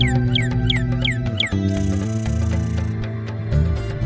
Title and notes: Northern Cardinal